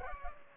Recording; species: mosquito wingbeat signal from an infrared sensor; Culex pipiens